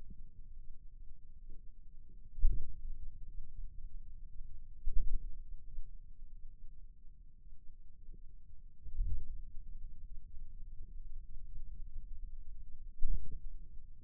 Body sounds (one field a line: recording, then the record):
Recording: forearm muscle sounds (acoustic myography)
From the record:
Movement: ulnar deviation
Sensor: system 2, bracelet of six BSWA MPA416 microphones around the upper forearm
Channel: 1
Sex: male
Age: 22 years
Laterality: right